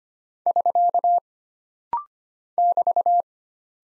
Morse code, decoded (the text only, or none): <SK> <BT>